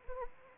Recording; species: mosquito wingbeat signal from an infrared sensor; Anopheles arabiensis